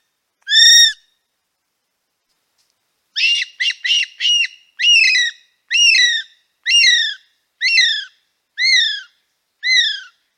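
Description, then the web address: Kiwi whistles: a single arched note, a pause, then four quick clipped notes running into six longer, slightly falling whistles at about one per second. "sound Kiwi. صدای-پرنده-کیوی"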